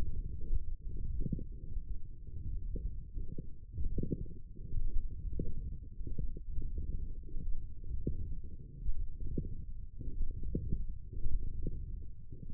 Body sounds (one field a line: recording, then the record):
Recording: forearm muscle sounds (acoustic myography)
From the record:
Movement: wrist flexion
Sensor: system 1, eight BSWA MPA416 microphones around the upper forearm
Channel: 7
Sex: male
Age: 21 years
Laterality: right